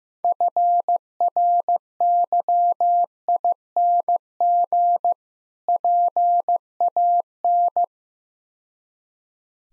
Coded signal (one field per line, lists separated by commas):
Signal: Morse code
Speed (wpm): 15 wpm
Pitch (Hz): 700 Hz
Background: none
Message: FRYING PAN